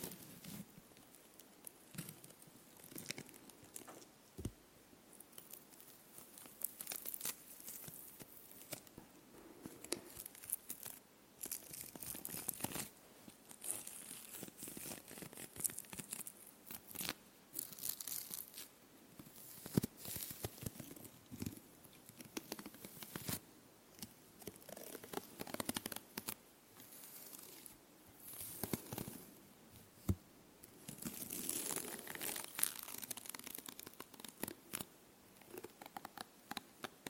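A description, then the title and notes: Intense brushing scrapes directly against a microphone, a dense run of scratchy, crinkling strokes with a bright hiss on top. The strokes come in quick, irregular bursts throughout, with sharper swipes and a few louder peaks near 20 and 31 seconds. Microphone touching Intense brushing.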